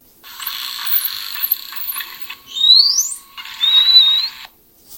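A dolphin's signature whistle: high, thin tonal sweeps, first a quick rising glide and then a wavering sustained tone, heard over a steady hiss of water noise, with no talking.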